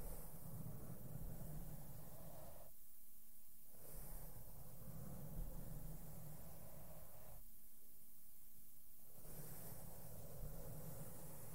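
Soft makeup brushes sweep over the microphone in a dense, steady rustling hiss with a low rumble underneath. The brushing stops twice, around three seconds and again near eight seconds, leaving only a faint low hum before it resumes.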